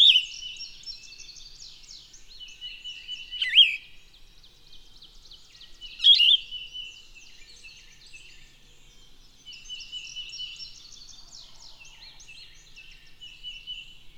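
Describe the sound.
Bird song: continuous high twittering, with a few louder, sweeping phrases at the start and at about four and six seconds.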